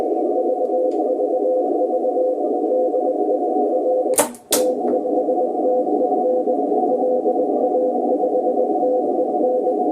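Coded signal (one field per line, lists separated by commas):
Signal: Morse code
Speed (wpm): 20 wpm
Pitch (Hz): 510 Hz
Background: none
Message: VVV DE R T5TEN LA5TEN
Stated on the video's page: Received on a Kenwood TS-590SG and TS-990S compared, same antenna, settings and speaker, in ideal conditions.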